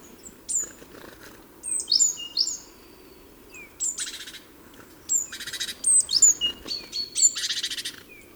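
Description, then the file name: Great tit calls: high, thin downslurred chirps mixed with harsh buzzy bursts, given in loose clusters with short pauses between. "Parus major"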